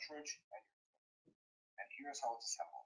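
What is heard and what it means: Someone talks while a light-curing acrylic cartridge is handled, about to be pushed into its dispensing gun. Between the spoken phrases there are only faint, brief soft sounds near 0.9 s and 1.3 s. The cartridge has not seated or clicked into the gun yet.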